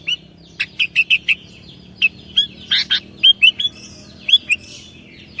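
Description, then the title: Sooty-headed bulbul delivers a lively series of clear, slurred chirps, some in quick runs. "kutilang"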